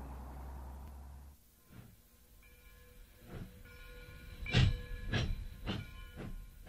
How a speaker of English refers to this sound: What is it? It's a train.